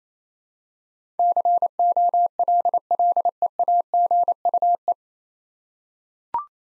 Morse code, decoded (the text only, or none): COLLEAGUE